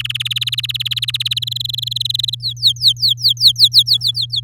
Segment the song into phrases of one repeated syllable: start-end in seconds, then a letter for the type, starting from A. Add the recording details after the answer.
0.00-0.12 A, 0.14-1.39 B, 1.42-2.35 C, 2.40-4.40 D. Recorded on 9 May 2018 at 14:17. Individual llb16